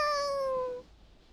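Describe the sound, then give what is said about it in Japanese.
A human voice playing a cat character imitates a cat's meow with one drawn-out, high-pitched mew that glides slightly downward and fades after under a second, with no other sound around it. “にゃんにゃんにゃんにゃん、にゃーん。”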